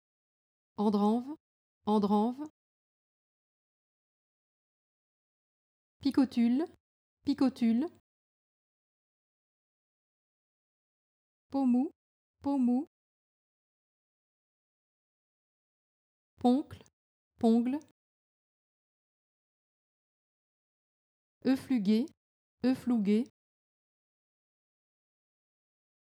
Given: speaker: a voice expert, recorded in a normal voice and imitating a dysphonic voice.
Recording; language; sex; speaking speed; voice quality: pseudo-word pairs; French; female; fast speed; normal voice